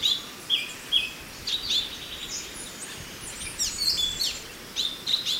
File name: suara alam hwamei